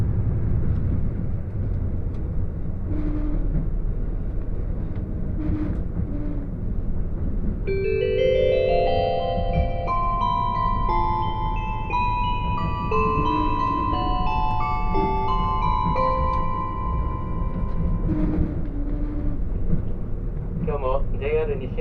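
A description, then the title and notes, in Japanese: Inside a limited express train on a mountain line, a steady low rumble of wheels and engine fills the whole recording. From about eight to sixteen seconds a bright melody of stepped tones plays over the noise, and faint speech-like sounds come through near the end. 高山本線特急ひだ14号 富山→猪谷。乗車したのは当時まだキハ85系のグリーン車。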